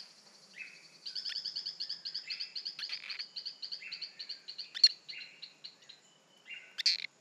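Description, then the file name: Torrent frog giving a quieter run of rapid high chirps, with lower buzzy notes in between and a couple of louder bursts later on. "Hylodes phyllodes"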